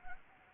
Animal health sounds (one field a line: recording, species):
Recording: mosquito wingbeat signal from an infrared sensor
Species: Anopheles gambiae